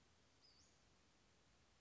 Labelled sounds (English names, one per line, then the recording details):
Western Flycatcher
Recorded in Sonoma County, California